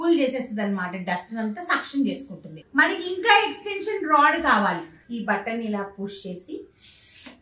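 Someone talks while handling a plastic extension rod, pressing its release button to fit it onto the hose or wand of a wet-and-dry vacuum cleaner. No clear click or hit is heard. Nothing has seated or locked yet by the end of the clip.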